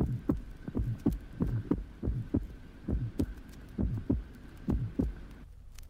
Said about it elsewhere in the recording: Example of a clearly split first heart sound recorded at the lower sternum in a 5-year-old child. The child is breathing and a sinus arrhythmia is present. You will hear the two components of the first sound, a short, soft, innocent systolic murmur.